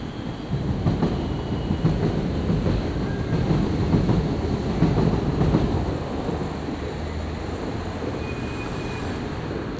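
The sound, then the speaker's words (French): Two trains rumble past at Place de Paris in Vaise, Lyon, with a heavy, continuous low roar and rattling clatter, swelling slightly mid-pass before easing to a steady drone, with faint high squeals above. “Deux trains qui sont venus casser ce flot pour amener d'autres flots, mais sans doute plus rythmiques.”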